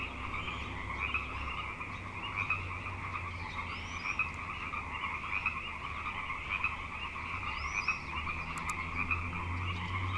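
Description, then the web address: Frog chorus, a dense steady trilling band of many overlapping croaks with bright pulses and a low rumble underneath. Frog chorus on Grafton Lake, recorded 3 May 2009. "The Frog Chorus Tunes Up On Grafton Lake frogs 090503"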